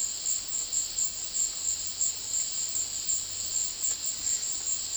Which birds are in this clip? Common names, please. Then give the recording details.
none. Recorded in dense forest near Puerto Asís, Putumayo, Colombia, on 21 February 2024 at 15:00. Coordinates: 0.500, -76.322. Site G6465